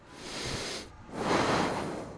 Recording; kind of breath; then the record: one breath in and out by a microphone near the nose and mouth; deep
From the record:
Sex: male